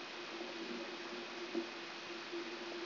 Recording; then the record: brain microelectrode recording played as sound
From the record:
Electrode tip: outside the subthalamic nucleus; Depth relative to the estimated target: -2 mm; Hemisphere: right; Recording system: AlphaMap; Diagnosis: Parkinson's disease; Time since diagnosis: 11 years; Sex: female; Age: 52 years